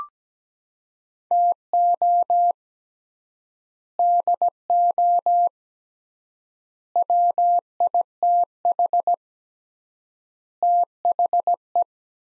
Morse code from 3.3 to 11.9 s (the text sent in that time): DO WITH THE